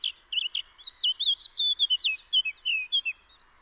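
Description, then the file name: Eurasian blackcap singing a fluent warble of quick, varied whistled notes without a break. "Sylvia atricapilla"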